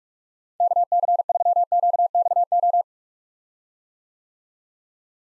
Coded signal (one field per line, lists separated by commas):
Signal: Morse code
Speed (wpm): 41 wpm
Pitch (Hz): 700 Hz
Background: none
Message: KC3QXO